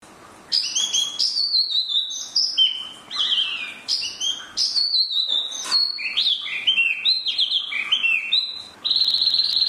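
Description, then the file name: Chinese hwamei song: loud, varied whistled phrases sliding downward, with quick changes of pitch and a sustained buzzy trill near the end. "hwamei mini"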